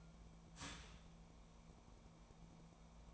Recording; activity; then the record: daily activity, microphone in the room; start toaster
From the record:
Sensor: 1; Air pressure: 1000.3 hPa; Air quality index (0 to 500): 157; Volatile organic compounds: 3 ppm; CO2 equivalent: 1473 ppm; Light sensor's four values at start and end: 22/54/22/26 and 22/54/22/26